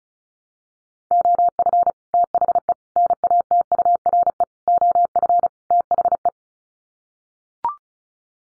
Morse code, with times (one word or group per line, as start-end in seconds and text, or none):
1.1-1.9 OF
2.1-2.7 THE
3.0-4.4 NATURE
4.7-5.5 OF
5.7-6.3 THE